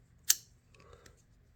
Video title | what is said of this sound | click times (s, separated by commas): Vintage Colonial Electrician's Knife Gets Rejuvenated! | And check our action. Hear that snap? Nice half stop. | 0.3 s